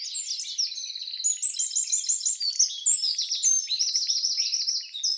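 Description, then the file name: Eurasian wren song, loud and high-pitched, with rapid rattling trills and sharp chips run together without a break. "Troglodytes troglodytes"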